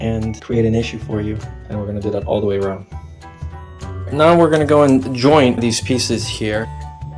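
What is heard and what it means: Someone talks over background music while handling sink accessory fitting pieces, getting ready to join one piece into its mating piece. Only a faint knock is heard in a pause in the speech. Nothing has seated or clicked yet.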